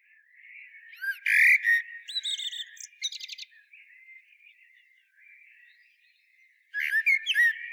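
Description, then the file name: Common blackbird singing: a mellow fluted warble followed by high, squeaky twittering notes, with a second loud phrase starting near the end. "Turdus merula"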